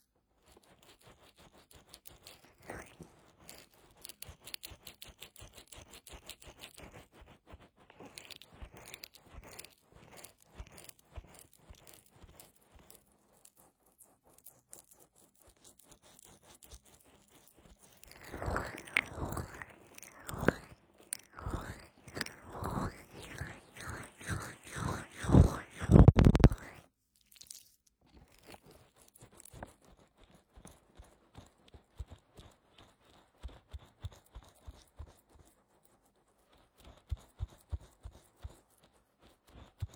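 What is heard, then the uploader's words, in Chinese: Wet, sticky aloe gel sounds from a full-body massage, with soft squelching clicks throughout and a louder, denser rubbing burst around 18–27 seconds. 湿湿、黏黏的~ 芦荟胶(无人声)全身按摩。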